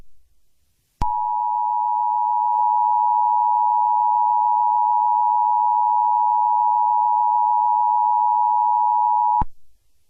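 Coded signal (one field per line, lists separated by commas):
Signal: Emergency Alert System (SAME) tones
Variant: 853 and 960 Hz attention tone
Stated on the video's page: Fictional EAS scenario; simulated, not a real alert.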